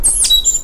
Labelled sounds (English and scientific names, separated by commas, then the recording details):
Stitchbird (Notiomystis cincta) song
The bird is a male
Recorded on Tiritiri Matangi Island, New Zealand, in 2005
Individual 1, of nest box 1